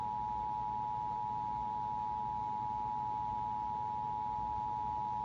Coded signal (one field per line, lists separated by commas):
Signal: Emergency Alert System (SAME) tones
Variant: 853 and 960 Hz attention tone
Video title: (EAS #472) Severe Thunderstorm Warning for Multiple KMKX Counties